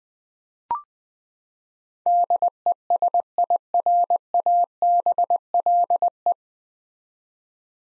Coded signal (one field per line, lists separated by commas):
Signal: Morse code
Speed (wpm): 21 wpm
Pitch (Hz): 700 Hz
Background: none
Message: DESIRABLE